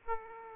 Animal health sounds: mosquito wingbeat signal from an infrared sensor; Aedes aegypti

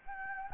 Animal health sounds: mosquito wingbeat signal from an infrared sensor; Anopheles gambiae

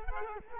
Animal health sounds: mosquito wingbeat signal from an infrared sensor; Culex quinquefasciatus

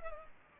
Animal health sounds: mosquito wingbeat signal from an infrared sensor; Culex pipiens

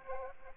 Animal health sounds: mosquito wingbeat signal from an infrared sensor; Aedes aegypti

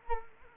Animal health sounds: mosquito wingbeat signal from an infrared sensor; Culex quinquefasciatus

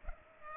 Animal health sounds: mosquito wingbeat signal from an infrared sensor; Culex pipiens

